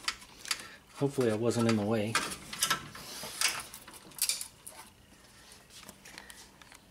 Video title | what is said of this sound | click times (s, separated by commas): Honda Civic A/C Condenser Fan Replacement 2006 (2006-2011 Similar) | right, so as you can see, we're snapped into place and we're clipped in. | 0.1 s, 0.5 s